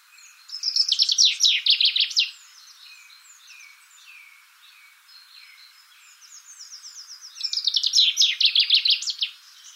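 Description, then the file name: Common chaffinch song: two bright rattling phrases of rapid notes, about seven seconds apart, with faint twittering between them. "Fringilla coelebs"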